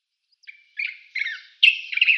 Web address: Schulze Peter Common Bulbul song